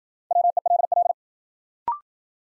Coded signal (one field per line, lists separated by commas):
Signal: Morse code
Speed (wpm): 53 wpm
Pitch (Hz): 700 Hz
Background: none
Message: WELL